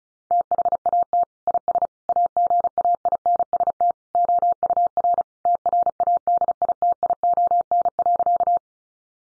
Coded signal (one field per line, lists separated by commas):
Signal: Morse code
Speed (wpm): 34 wpm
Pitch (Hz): 700 Hz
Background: none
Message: THAT IS AGAINST OUR TRADITION.